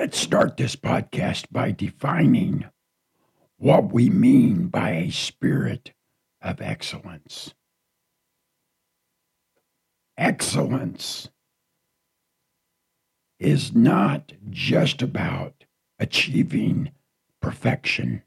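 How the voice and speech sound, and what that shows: Low, rough, creaky adult male voice with choppy, pause-broken phrasing; a raspy voice after cancer took half of his voice box.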